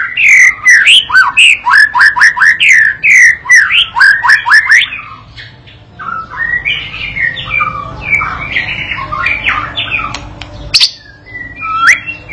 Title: MURAI BATU PAUD BELAJAR GACOR, AJARI DENGAN MASTERAN PANCINGAN INI, PANCING LANGSUNG NYAUT